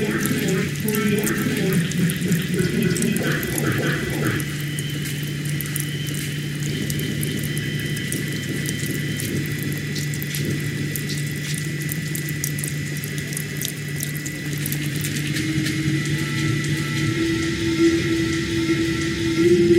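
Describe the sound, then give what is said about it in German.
Water pumps run steadily underground, a constant low mechanical hum droning beneath loud, continuous rushing and splashing water, with occasional clanks and rattles; the hum drops away near the end while the water keeps pouring. “Überall laufen Pumpen und die Experten scheinen noch zu beraten, wie man das Wasser unter Tage übernehmen kann.”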